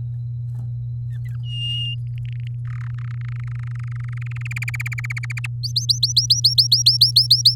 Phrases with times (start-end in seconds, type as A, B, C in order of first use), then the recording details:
1.10-1.36 A, 1.43-1.95 B, 2.07-2.55 C, 2.65-3.12 D, 3.14-4.47 E, 4.51-5.47 F, 5.63-7.55 G. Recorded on 7 May 2018 at 13:21. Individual llb16